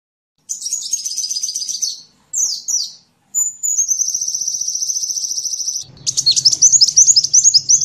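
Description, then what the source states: Van Hasselt's sunbird song with rapid buzzy trills, a few sharp slurred chips, then a long dry rattle running into jerky high twitters, with a low hum at the close. Filler song (isian) of the kolibri ninja (konin), used to train songbirds.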